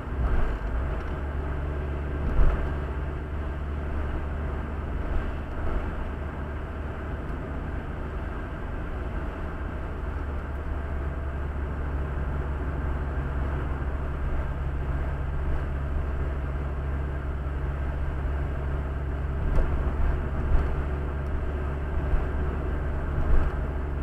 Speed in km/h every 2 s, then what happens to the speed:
66, 67, 68, 69, 69, 63, 66, 66, 67, 65, 65, 66.
0-24 steady at about 66.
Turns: none.